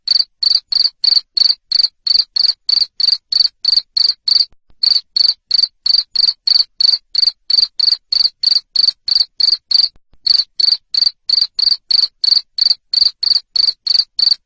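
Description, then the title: Loud cricket chirping, a brisk regular series of short pulses with two brief breaks. Loud cricket chirping played to stimulate lovebirds to keep singing in the ngekek style. "Suara JANGKRIK NGERIK Keras Bikin LOVEBIRD Jadi NGEKEK Terus Vubey"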